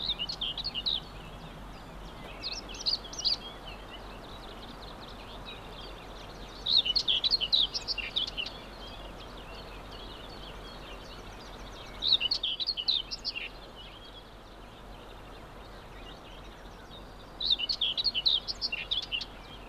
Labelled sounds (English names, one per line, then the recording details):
Common Whitethroat song
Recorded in the wild
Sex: male
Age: adult
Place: Spittal an der Drau, Drautal, Kärnten, AT
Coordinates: 46.7917, 13.4958
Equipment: Uher 4000, Philips Mikrofon Type EL 6020, Kopie DAT
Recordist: Brunner, Thomas